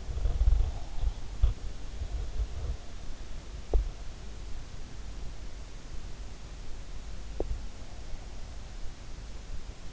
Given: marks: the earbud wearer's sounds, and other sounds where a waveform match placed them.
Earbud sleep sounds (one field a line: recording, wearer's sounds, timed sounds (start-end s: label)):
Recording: sounds in sleep by an in-ear microphone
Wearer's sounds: body movement, teeth grinding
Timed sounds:
0.00-3.24 s: body movement
3.51-3.95 s: teeth grinding
7.17-7.97 s: teeth grinding